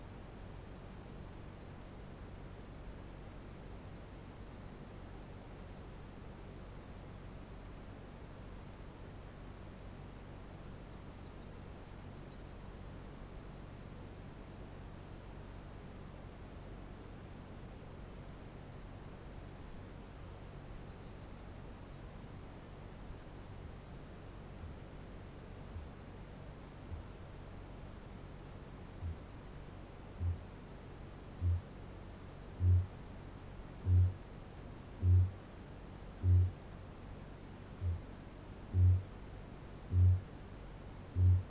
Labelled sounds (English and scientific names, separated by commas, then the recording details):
Kākāpō (Strigops habroptilus) boom
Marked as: faintness 5/5, faintness 3/5, faintness 2/5
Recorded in New Zealand
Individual Barnard